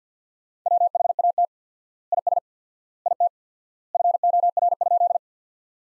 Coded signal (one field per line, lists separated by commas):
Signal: Morse code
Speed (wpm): 49 wpm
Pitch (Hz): 700 Hz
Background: none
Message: WHAT IS IT FOR?